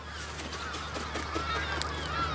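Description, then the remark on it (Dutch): A gull, just released and heading back to its nest, gives a run of harsh, honking calls in quick succession, loud and nasal, over a steady low background hum with no talking. “Nou, hij gaat nu weer terug naar zijn nest toe.”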